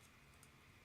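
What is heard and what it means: A small clicky button on the side of a plastic powder makeup compact is pressed, giving a quiet click at 0.4 s over a steady low background hum, and the lid or insert pops up open.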